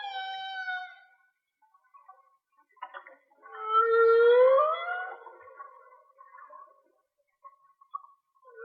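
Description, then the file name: Whale song with a level harmonic moan, then a long upswept whoop that rises smoothly, followed by faint scattered tones. Linked to a whale and dolphin watching page; mono. "Whale Song-colin"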